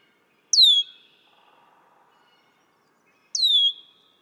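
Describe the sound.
Red-winged blackbird making two high, downward-slurred whistles roughly three seconds apart, with faint low chatter in the gap between them.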